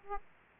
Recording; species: mosquito wingbeat signal from an infrared sensor; Aedes aegypti